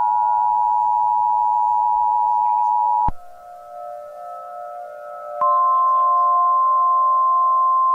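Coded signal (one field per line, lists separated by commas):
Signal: Emergency Alert System (SAME) tones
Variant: 853 and 960 Hz attention tone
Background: music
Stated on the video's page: Fictional EAS scenario.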